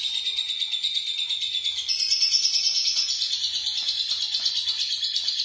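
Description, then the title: Lovebird trill, a steady, high, rattling chatter that swells slightly in the middle. "BM Suara Burung Lovebird"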